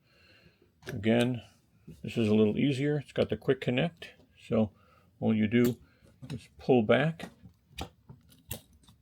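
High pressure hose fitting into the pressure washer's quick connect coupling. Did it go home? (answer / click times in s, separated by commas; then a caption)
yes / 8.5 s. Someone talks while a high pressure hose fitting is connected to the quick connect coupling on an EGO HPW3200 (HPW3204-2) pressure washer by pulling back the collar and pushing the fitting in. A series of short clicks follows near the end, and the fitting locks in place with a sharp click at 8.5 s.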